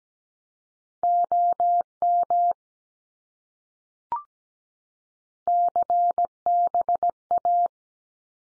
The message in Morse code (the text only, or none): OM CBA